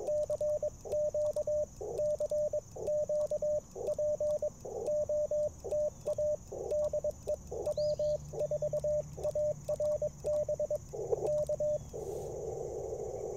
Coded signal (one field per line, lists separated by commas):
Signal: Morse code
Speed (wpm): 22 wpm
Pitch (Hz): 600 Hz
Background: radio noise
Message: CQ CQ POTA DE W4ARB K